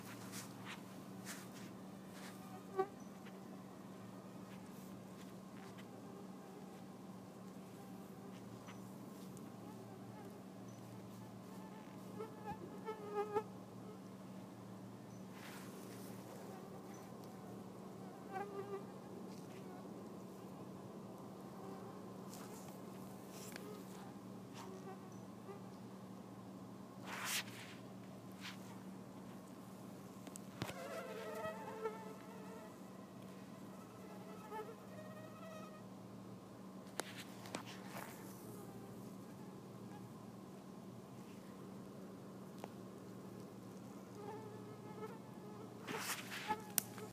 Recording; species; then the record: mosquito flight sound by mobile phone; Anopheles freeborni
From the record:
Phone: iPhone 4S